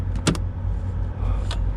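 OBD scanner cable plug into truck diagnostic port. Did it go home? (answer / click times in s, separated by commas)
no / none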